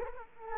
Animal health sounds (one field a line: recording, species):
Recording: mosquito wingbeat signal from an infrared sensor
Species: Culex quinquefasciatus